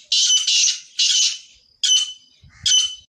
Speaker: Seinen Ruf zu hören ist eine absolute Seltenheit, denn es gibt nicht mehr viele Rebhühner.